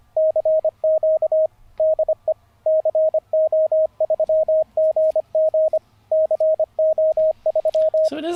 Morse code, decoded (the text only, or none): CQ DE CO3GG CO3